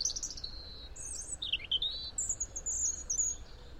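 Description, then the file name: European robin singing a run of high, thin notes: sweet whistles, a short dip to a lower warble, then drawn-out very high piping tones, over soft background hiss. "Erithacus rubecula"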